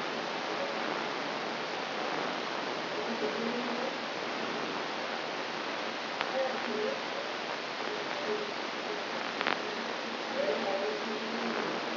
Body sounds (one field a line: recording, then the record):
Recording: brain microelectrode recording played as sound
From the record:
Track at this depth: inside the subthalamic nucleus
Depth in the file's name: 2.945 mm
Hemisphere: right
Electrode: 3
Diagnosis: Parkinson's disease